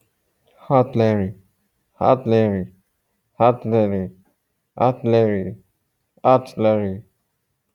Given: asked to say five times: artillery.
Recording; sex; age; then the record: repeated word; male; 40 to 49 years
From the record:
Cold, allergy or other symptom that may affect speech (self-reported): no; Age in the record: 45 years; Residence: California, United States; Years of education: 20